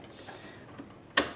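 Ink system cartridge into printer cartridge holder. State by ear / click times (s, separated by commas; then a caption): seated / 1.2 s. A continuous-ink-system cartridge is pushed into the cartridge holder of an Epson WF3720, WF2850, WF2830 or WF2860 printer. Faint low handling noise runs until a single sharp, bright snap at 1.2 s. The snap shows the cartridge has seated in the holder.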